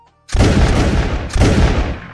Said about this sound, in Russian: Продолжали звучать выстрелы.